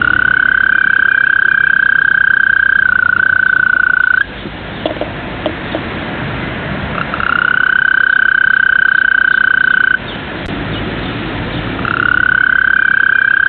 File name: Rospo smeraldino (Bufo viridis)